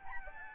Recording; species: mosquito wingbeat signal from an infrared sensor; Aedes albopictus